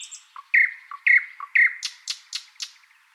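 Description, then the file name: Thrush nightingale giving three loud, ringing whistled notes followed by a run of sharp clicking chacks. "British Library - Thrush Nightingale Luscinia luscinia"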